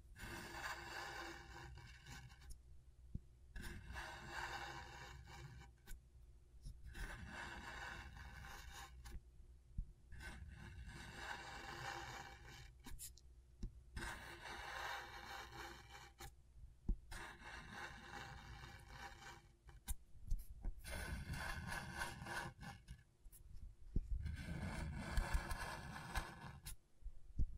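Scratchboard being scraped in repeated strokes, each a bright, rasping burst lasting one to three seconds, separated by short quiet gaps. The strokes come fairly regularly throughout, with a low rumble and a faint steady hum underneath; the last strokes sound heavier.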